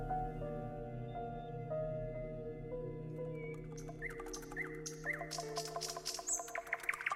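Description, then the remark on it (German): Sustained, steady instrumental tones hum alone at first, then a nightingale joins with rapid, bright chirps, whistles and trills that grow busier and louder toward the end. “Die Faszination für die Nachtigall ist immer noch sehr lebendig, auch bei Künstlern der Gegenwart.”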